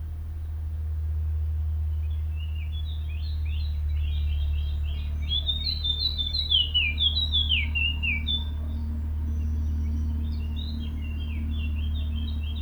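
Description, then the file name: Eurasian blackcap delivering a rapid, chattering warble of varied high notes for several seconds in the middle, with a constant low rumble underneath. "Sylvia atricapilla"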